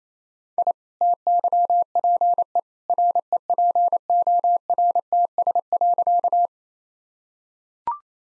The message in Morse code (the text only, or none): I TYPE REPORTS.